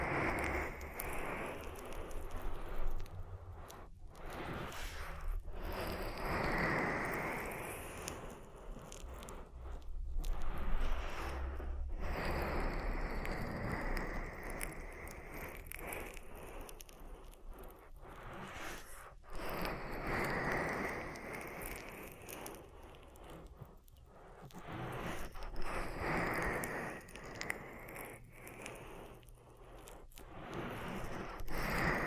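Oily ear massage with dense, continuous slick rubbing and crackly squelches, swelling and easing in waves, with brief sharp pauses throughout.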